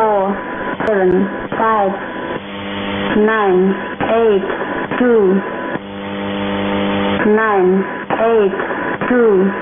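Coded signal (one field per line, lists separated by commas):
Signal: numbers station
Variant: E17z English Lady, English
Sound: female voice reading digits in English, repeated group, over radio hiss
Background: radio static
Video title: 01 02 2018 E17z English Lady numbers station in English to Eu 0810 on 9820 unknown tx site in CUSB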